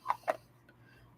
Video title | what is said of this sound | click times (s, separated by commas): Drop Sale Live -- prints, jewelry, and more with a spooky edge | it does close. Heard the snap that time. | 0.1 s, 0.3 s